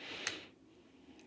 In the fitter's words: And then it'll basically kind of click in place once you do it.